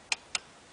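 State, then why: Torque reached. A click-type torque wrench set to 46 ft-lb is pulled slowly to tighten the rear axle nut on a Honda CRF80F small dirt bike. Two sharp clicks sound at 0.1 s and 0.4 s, confirming the wrench has reached its setting and the nut is tight enough.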